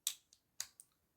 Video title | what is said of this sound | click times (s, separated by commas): Vid 990 Transformers Four Small Figures Special | Locks into place, and there he is. | 0.1 s, 0.6 s